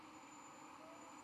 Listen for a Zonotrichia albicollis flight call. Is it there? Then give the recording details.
no. No flight call is heard. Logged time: 22:32 on 11 November 2014